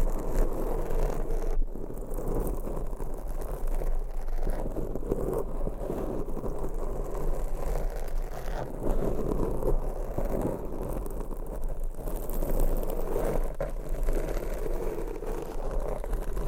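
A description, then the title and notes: Long nails scratch a microphone in a dense, continuous rasping with a steady low rumble beneath and brief brighter scrapes recurring every few seconds. ASMR Mic Scratching Brain Scratching Hypnotic Asmr No Talking. With Long Nails.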